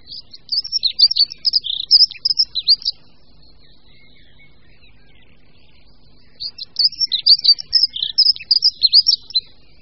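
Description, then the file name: Dunnock singing two quick, high-pitched warbling phrases of thin, tumbling notes, each about two and a half to three seconds, with a silent gap of several seconds between them. "Pěvuška-modrá"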